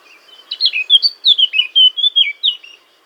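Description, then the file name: Eurasian blackcap song, a lively warbled phrase of fluting whistles that swoop up and down over two seconds. "Sylvia atricapilla"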